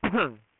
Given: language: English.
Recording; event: throat vibration sensor signal played as sound; cough